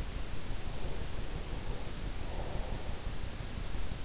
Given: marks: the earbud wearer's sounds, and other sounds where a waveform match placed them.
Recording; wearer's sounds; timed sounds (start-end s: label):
sounds in sleep by an in-ear microphone; breath
0.88-3.74 s: breath